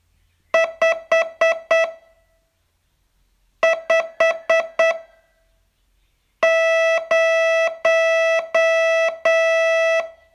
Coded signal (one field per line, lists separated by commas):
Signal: Morse code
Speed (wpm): 8 wpm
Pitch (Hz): 660 Hz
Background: music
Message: 5 5 0